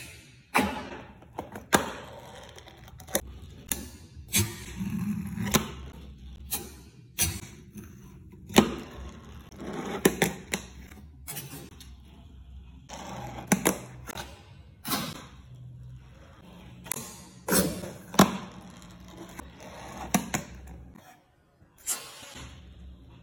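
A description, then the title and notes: Fingerboarding in a kitchen: small wheels roll and rumble low while sharp clacks and snaps of the tiny board hitting the surface pop up every second or so throughout. Brief quiet gaps separate runs, with a longer pause near 21 seconds. Fingerboarding at the kitchen. This time i fooled around my kitchen and created something new with my old obstacles and tricks.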